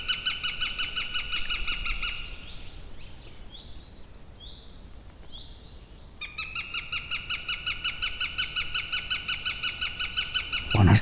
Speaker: kuusikosta kuuluu villiä käkätystä, vaikka on loppusyksy. Kanahaukka, tämän metsän todellinen valtias, on tullut käymään kotona. Siellä on jonkunlainen riita käynnissä.